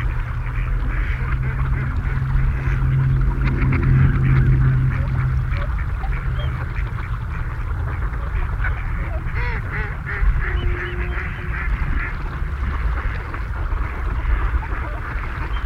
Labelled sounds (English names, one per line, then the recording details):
Mallard call
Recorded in the wild
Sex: male
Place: Putbus, Insel Rügen, Mecklenburg-Vorpommern, DE
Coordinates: 53.455, 13.186
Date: 1980-02-24
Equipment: Nagra III BH, Sennheiser MD 21, parabola
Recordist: Schubert, Michael